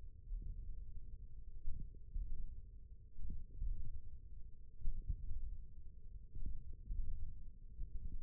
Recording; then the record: forearm muscle sounds (acoustic myography)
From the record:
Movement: finger pinch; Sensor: system 1, eight BSWA MPA416 microphones around the upper forearm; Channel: 4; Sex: male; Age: 20 years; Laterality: left